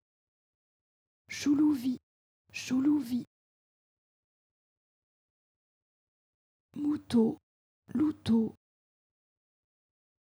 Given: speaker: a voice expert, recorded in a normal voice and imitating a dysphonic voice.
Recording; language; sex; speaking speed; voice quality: pseudo-word pairs; French; female; normal speed; dysphonic voice